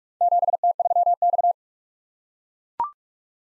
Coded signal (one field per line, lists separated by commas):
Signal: Morse code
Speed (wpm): 44 wpm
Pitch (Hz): 700 Hz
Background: none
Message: 7T3X